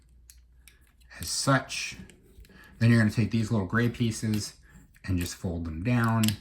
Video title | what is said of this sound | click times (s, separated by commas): Buzz Worthy Bumblebee, Studio Series, ROTB, Optimus Prime | and that will snap into place | 0.3 s